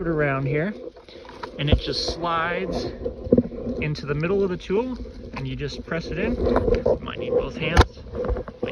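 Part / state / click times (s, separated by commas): battery pack into cordless brushcutter / seated / 8.5 s, 8.6 s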